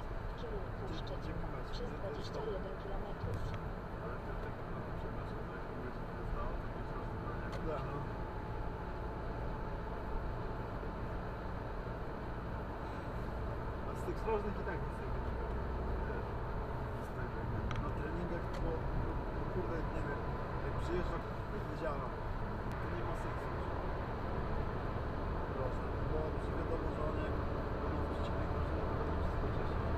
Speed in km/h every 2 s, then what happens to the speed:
76, 76, 78, 80, 82, 83, 85, 87, 88, 93, 97, 97, 99, 104, 109.
0-30 speeds up to 109.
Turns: none.